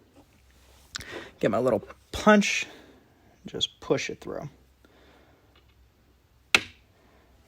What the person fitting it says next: a little click so you know it's working its way out